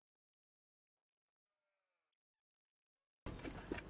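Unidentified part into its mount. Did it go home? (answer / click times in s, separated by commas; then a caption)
no / none. A part is being handled and pushed toward its mount, but it has not snapped home yet, so nothing has seated or clicked. The clip is nearly silent at first, with a faint, brief tonal whine around 1.5 to 2.1 seconds. At 3.3 seconds a sudden loud burst of broadband noise begins and continues to the end.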